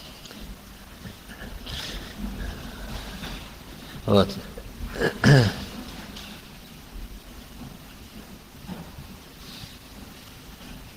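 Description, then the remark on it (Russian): Wind picks up outdoors, rushing and buffeting steadily, a broad, rumbling hiss that swells and eases throughout, with a person briefly speaking a word partway through. “Ага, ветер поднялся.”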